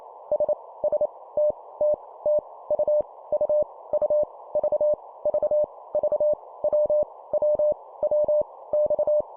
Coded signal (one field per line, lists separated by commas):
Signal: Morse code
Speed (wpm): 28 wpm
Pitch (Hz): 600 Hz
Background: none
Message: S S T T T U U U V V V W W W X